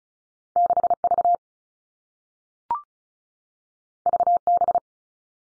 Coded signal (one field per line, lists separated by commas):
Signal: Morse code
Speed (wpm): 36 wpm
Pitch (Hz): 700 Hz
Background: none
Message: 6 V V B